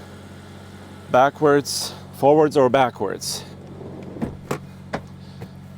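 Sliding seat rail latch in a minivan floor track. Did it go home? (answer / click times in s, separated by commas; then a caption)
yes / 4.5 s, 4.9 s. Someone talks while a second-row seat in a Hyundai Staria minivan is slid backwards and forwards on its floor rails using the release lever. The lever is let go and the seat rail latch engages with two sharp clunks at 4.5 s and 4.9 s, locking the seat in place.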